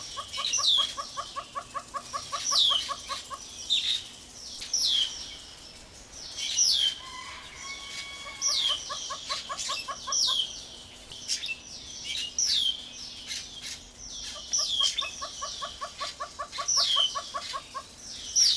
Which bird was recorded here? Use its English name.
Northern Red-billed Hornbill